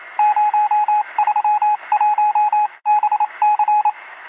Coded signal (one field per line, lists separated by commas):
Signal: Morse code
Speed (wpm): 27 wpm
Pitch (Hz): 840 Hz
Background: radio noise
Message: 031BC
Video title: Fall asleep in minutes with 8 hours of epic morse code.